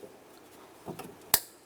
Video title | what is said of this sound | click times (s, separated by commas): How to Replace Window Regulator 2012-2018 Nissan Altima | listen for a click from that and give it a nice tug | 1.3 s